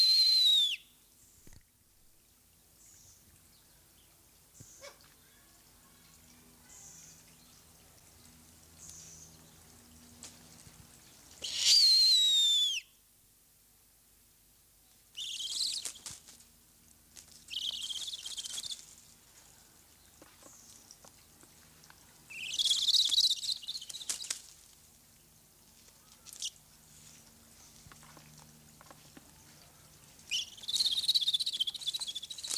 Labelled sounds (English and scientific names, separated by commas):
Snowy Owl (Bubo scandiacus)